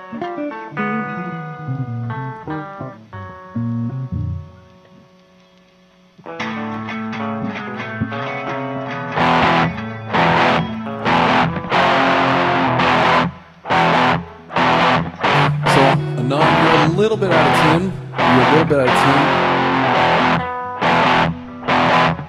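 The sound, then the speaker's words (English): A distorted electric guitar on the neck pickup, its distortion coming from the amp setting and slightly out of tune, plays a melodic lead phrase, pauses, then launches into loud, choppy chords and bends with sharp rhythmic stops, no voices over it. “Yeah, it's your distortion. It's your distortion, trust me. Trust me, it's your amp setting.”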